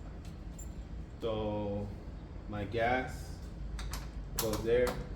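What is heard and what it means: A TIG torch gas hose is being pushed toward the gas quick-connect fitting on an Everlast PowerTIG 400 EXT welder while someone talks. Brief taps and handling knocks are heard near 0.6 s and 3.8–3.9 s. The clip ends before the hose goes home, and nothing has seated or clicked yet.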